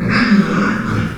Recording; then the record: squeal of a Yucatan mini pig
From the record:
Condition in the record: after surgery on the right vocal fold (resection and tissue-engineered implant); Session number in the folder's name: 12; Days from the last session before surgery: 105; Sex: female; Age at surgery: 19 weeks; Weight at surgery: 25 kg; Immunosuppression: prednisolone